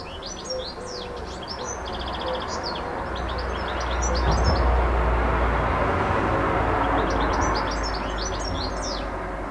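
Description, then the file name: Bird song: bursts of high, quick chirps and short twittering notes at the start and again near the end, over a low rumble that swells in the middle. Recorded 26 06 14 on an MZ-N 710 recorder. "MZ-N 710 Chant d oiseau 26 06 14"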